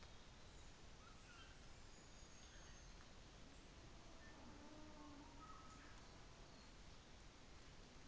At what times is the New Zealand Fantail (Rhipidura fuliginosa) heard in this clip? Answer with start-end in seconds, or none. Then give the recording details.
1.56-3.25. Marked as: faintness 4/5. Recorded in New Zealand on 24 December 2018. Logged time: 11:00